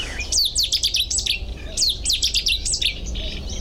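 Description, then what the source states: Cetti's warbler singing a very loud, explosive burst of rapid sharp notes, given twice. Very loud, singing very close by, in a large reed marsh in the morning; now a fairly common species in marshes.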